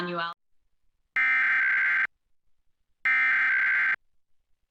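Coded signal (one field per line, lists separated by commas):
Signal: Emergency Alert System (SAME) tones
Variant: header bursts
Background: speech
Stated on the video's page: Required Monthly Test on a TV station's digital subchannels, recorded with a Tablo Quad.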